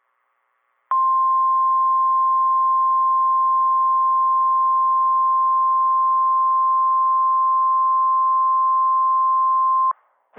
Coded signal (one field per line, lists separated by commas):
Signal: Emergency Alert System (SAME) tones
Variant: 1050 Hz attention tone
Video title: Northern IND Madness - EAS Alerts from 3/26/26 (EAS #746 - #754)